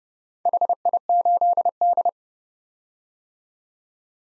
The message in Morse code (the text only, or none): HI8D